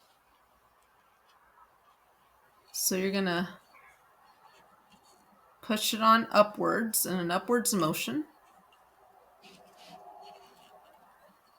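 A wiper blade is lined up and pushed upward onto the windshield wiper arm of a 2018 Honda CR-V while someone talks. A faint, low handling rustle follows the speech. The blade has not clicked into place yet.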